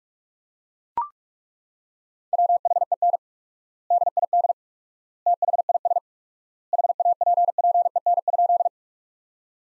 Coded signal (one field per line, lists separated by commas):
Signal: Morse code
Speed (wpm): 41 wpm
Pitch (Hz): 700 Hz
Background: none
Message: WHEN DID THIS HAPPEN?